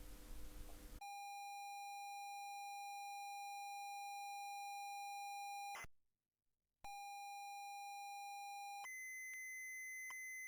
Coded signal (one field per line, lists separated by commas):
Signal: ZX Spectrum tape loading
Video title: ZX Spectrum MIA Preview - Episode 7 - Androide